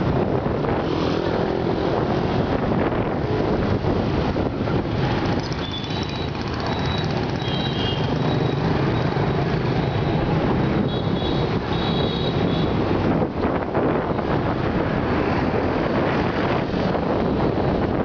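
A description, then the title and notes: A motorbike ride through busy city streets, heard as a dense, steady rumble of engine and traffic with wind buffeting the microphone throughout. Brief high tones from horns or other vehicles surface around the middle and again near twelve seconds. Motorbike ride in Saigon/HCMC.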